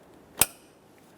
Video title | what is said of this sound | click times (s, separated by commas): How to Replace Crankshaft Position Sensor 2011-2020 Toyota Sienna | Press it in, listen for a click. | 0.4 s